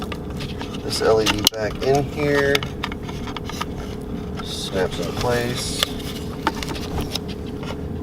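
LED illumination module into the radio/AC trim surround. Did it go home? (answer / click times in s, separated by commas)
yes / 6.5 s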